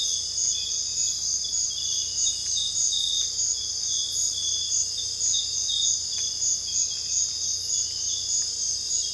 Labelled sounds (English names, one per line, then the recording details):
none
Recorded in dense forest near Puerto Asís, Putumayo, Colombia, on 26 December 2024 at 05:00
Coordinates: 0.485, -76.318
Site GP03